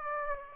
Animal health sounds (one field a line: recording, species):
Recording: mosquito wingbeat signal from an infrared sensor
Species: Aedes aegypti